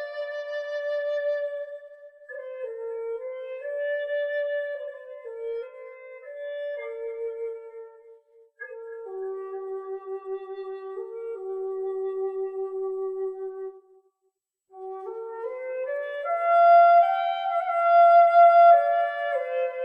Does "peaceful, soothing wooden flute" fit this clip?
yes